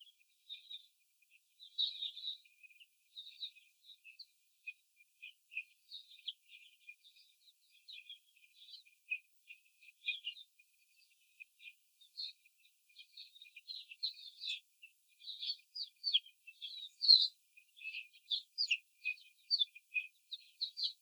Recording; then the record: young laying hens in a cage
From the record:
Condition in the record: after the stressor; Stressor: simulated dog barking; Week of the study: 4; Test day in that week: 2